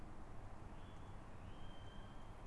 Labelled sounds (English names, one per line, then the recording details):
Tawny Owl
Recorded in Germany
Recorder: ecoPi